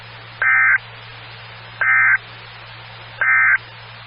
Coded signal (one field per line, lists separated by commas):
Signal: Emergency Alert System (SAME) tones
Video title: 2013-05-19 - WX9MCS 147.255 MHz SKYWARN Repeater